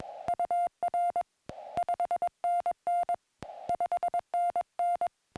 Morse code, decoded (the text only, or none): UR 5NN 5NN